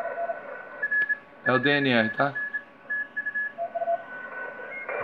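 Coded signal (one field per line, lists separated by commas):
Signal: Morse code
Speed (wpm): 27 wpm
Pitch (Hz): 1700 Hz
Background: speech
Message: R 5NN TU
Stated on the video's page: Morse code on the 15 m band.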